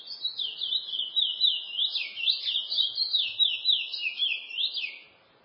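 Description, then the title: Chestnut-bellied seed finch song, a rapid chain of high slurred whistles and twitters, rising and dipping repeatedly, then fading into quiet near the end. "Canto De Curio"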